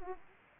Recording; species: mosquito wingbeat signal from an infrared sensor; Anopheles gambiae